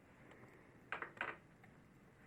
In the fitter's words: and we'll slide that forward once we hear that click we know that the plate has been inserted